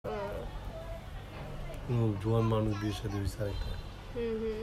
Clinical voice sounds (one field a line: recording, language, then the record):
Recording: elicited speech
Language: Bengali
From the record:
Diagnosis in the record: Broca's or global aphasia after a stroke